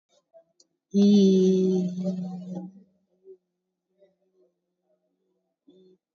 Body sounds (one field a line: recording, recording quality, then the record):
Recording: sustained vowel as in beet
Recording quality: excellent, no background noise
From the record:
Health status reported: COVID-19 positive, moderate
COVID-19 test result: positive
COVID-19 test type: RT-PCR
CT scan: taken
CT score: 9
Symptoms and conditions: cough, cold, fever, muscle pain, loss of smell and taste, diarrhoea, hypertension, diabetes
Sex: female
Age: 57 years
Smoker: no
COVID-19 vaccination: none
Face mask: worn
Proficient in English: no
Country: India